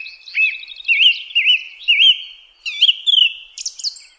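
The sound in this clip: Song thrush song: a looping whistled note repeated several times, then a quick series of sharper, higher notes.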